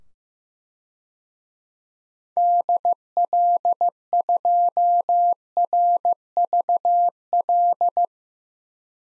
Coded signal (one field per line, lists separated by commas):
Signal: Morse code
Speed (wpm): 15 wpm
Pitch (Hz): 700 Hz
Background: none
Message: DL2RVL